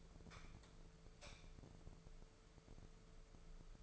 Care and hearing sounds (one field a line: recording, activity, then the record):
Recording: daily activity, microphone in the room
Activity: light on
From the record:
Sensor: 5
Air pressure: 1014.8 hPa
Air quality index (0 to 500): 167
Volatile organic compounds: 5 ppm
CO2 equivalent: 1835 ppm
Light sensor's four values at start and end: 116/275/118/130 and 117/280/120/132